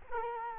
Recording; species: mosquito wingbeat signal from an infrared sensor; Culex quinquefasciatus